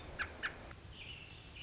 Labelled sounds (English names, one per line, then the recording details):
American Robin
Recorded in Sonoma County, California